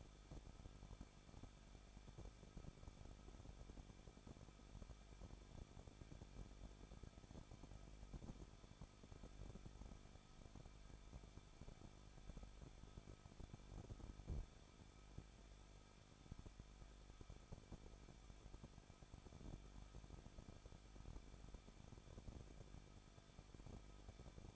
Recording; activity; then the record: daily activity, microphone in the room; no activity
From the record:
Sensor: 5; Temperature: 20.9 degrees Celsius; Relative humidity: 38.2%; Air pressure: 1006.4 hPa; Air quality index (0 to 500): 190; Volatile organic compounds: 20 ppm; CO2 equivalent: 2674 ppm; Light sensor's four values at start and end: 2/3/1/1 and 2/3/1/1